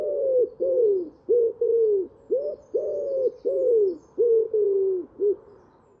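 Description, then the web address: Common wood pigeon giving deep, breathy coos, short and longer notes alternating in a rhythmic series, some ending in a slight downward slur. "cianscape birddata Deverinetal 2025"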